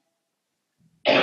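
Near silence, then a faint low voiced sound just before one loud, harsh cough burst from a woman in her 20s who is sick. The cough starts abruptly and is cut off at the end. It is a single ordinary cough.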